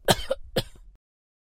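Two short coughs from an adult.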